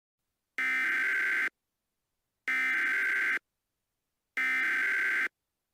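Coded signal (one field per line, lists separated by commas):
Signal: Emergency Alert System (SAME) tones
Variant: header bursts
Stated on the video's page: Mock EAS scenario, fictional alert about giant Easter bunnies; not a real alert.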